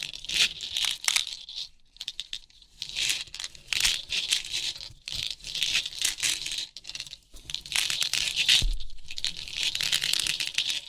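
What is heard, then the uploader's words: Pin art being pressed and shifted, producing crisp, dense rattling of many tiny pins, bright and hissy in tone. The rattling comes in bursts a second or two long, with short quiet breaks near 2, 5 and 7 seconds, and a soft low thump around 8.5 seconds. Crisp 3D Pin Art Tingles(No Talking).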